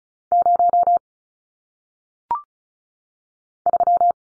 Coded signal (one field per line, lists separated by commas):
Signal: Morse code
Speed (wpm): 36 wpm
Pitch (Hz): 700 Hz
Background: none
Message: 0 3